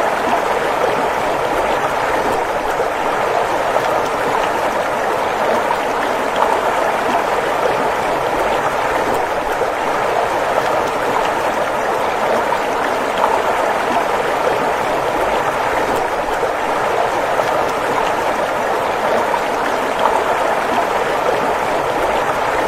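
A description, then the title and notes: A stream rushes at the mouth of a valley in early spring, a steady, dense wash of water that never lets up across the whole stretch. The sound sits centered in the mids with a soft hiss above and faint gurgling detail within the flow. The sound of the stream at the mouth of the valley in early spring.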